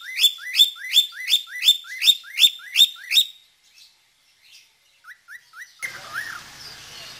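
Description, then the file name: Budgerigar chirps: a fast run of rising whistled notes, nearly three per second, then a quiet gap, a few soft short chirps and noise that lasts to the end. "suara burung parkit australia"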